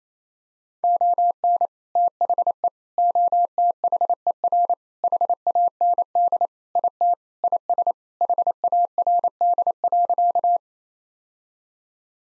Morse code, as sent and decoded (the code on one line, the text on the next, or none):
--- -. / - .... . / --- - .... . .-. / .... .- -. -.. / .. - / .. ... / .... .- .-. -.. .-.-.-
ON THE OTHER HAND IT IS HARD.